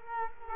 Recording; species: mosquito wingbeat signal from an infrared sensor; Culex quinquefasciatus